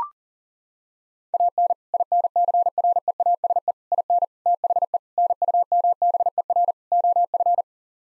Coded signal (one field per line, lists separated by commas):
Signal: Morse code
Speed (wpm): 40 wpm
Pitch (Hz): 700 Hz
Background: none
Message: AN INCREASE IN THE NUMBER OF